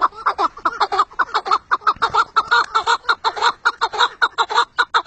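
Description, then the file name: Partridge producing a brisk, irregular series of coarse clucking notes that run on without a break. "perdiz"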